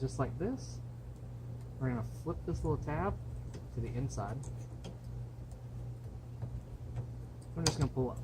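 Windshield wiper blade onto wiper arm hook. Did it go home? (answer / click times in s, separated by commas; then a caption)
no / none. Someone talks while a plastic tab on the adapter of a windshield wiper blade for a Toyota 4Runner is flipped inward and the blade is lined up on the wiper arm hook, making a few small handling ticks around 4.9, 5.5 and 6.4 seconds. The blade has not yet been pulled up, and nothing has seated or clicked yet.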